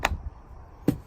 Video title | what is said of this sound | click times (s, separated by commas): How To Install Front RH Strut & Spring Assembly Honda Civic 2006-2011 8th Gen With Aftermarket Parts | Clicks into place, and it just looks really nice. | 0.1 s